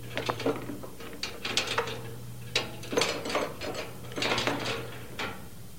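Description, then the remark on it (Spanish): A guard opens a heavy metal dungeon cell door; it creaks and clanks open in a series of grinding, ratcheting scrapes and knocks, with a steady low hum underneath and no voices. “El guardián se detiene ante una celda y abre la pesada puerta.”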